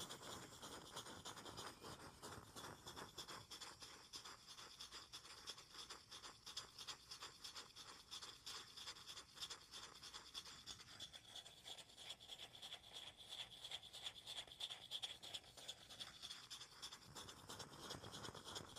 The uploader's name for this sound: ASMR tapping and scratching (no talking) wood cork cardboard